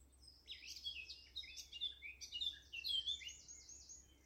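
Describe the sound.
Eurasian blackcap singing a continuous, quick warble of chattering and fluty notes.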